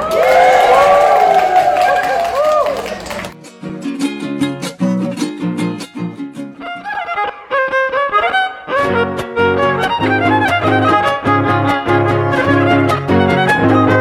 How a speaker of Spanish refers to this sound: ¡Que se escuchen fuertes los aplausos! Esto que escuchamos son las voces de los artífices de Radio Guaya, que aparte del festejo, ha sido, sin dudas, un lugar de lucha y resistencia.